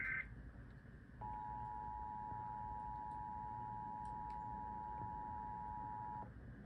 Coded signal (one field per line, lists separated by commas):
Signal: Emergency Alert System (SAME) tones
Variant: 853 and 960 Hz attention tone